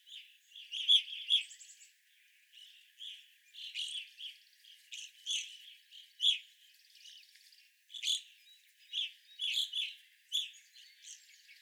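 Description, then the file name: Evening grosbeaks calling as a group, sharp clipped chirps repeated in clusters with brief pauses, some faint buzzy chatter behind them. Several birds, recorded 25 April 2021. "2021-04-25 Evening Grosbeaks"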